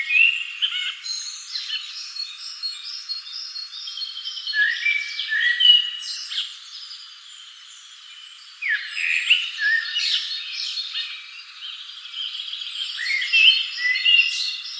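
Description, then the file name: Common blackbird calls: clear whistled notes and slurred phrases, some falling in pitch, amid a dense chorus of other birds chirping and twittering throughout. "Turdus merula"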